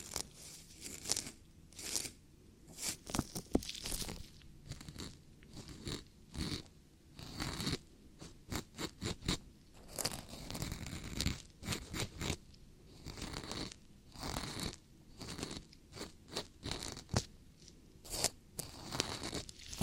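Ear cleaning sounds: dense, irregular crackly scratches and rustling bursts throughout, bright and crunchy, with brief quieter gaps between clusters.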